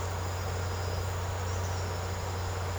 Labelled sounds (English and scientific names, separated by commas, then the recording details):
none
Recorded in secondary vegetation near Puerto Asís, Putumayo, Colombia, on 13 March 2025 at 15:30
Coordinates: 0.468, -76.324
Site G059